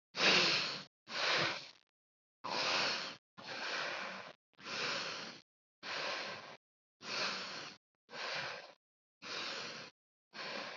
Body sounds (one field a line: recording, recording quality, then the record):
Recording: deep breathing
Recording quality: excellent, no background noise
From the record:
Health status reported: COVID-19 positive, no symptoms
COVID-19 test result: positive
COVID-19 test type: RT-PCR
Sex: female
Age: 25 years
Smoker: no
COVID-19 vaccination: both doses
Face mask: not worn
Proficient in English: yes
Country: India